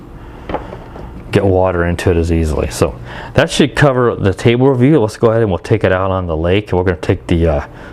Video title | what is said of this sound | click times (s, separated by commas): Volantex Racent V792-4 "Atomic" Brushless Speedboat Review w/ aerial Autel footage | make sure you get it locked down really good like that and now i've got it on good so that it's not gonna | 0.5 s